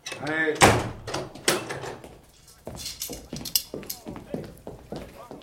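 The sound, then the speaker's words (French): A door swings shut with a loud, sharp thud after a short creak, followed by a scatter of softer knocks and shuffling footsteps. “Gendarmes, fermez la porte.”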